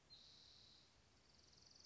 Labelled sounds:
Spotted Towhee (Pipilo maculatus)
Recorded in Sonoma County, California

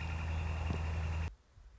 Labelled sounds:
Northern Flicker (Colaptes auratus)
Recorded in Sonoma County, California

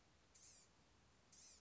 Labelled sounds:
Blue-gray Gnatcatcher (Polioptila caerulea)
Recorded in Sonoma County, California

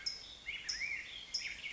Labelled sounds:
California Towhee (Melozone crissalis)
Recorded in Sonoma County, California

